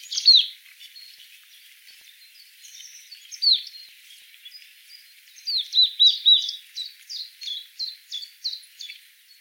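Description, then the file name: Marsh tit calls: a few sharp high notes, then a long run of evenly spaced buzzy chattering notes that fade toward the end. "Poecile palustris"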